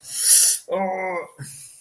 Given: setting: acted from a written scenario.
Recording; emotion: vocal sound without words; pain